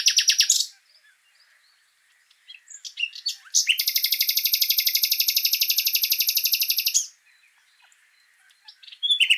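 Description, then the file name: Common nightingale delivering fast chips, then a long metallic rattle of identical notes for about three seconds, a pause, and more loud chips at the end. "Luscinia megarhynchos"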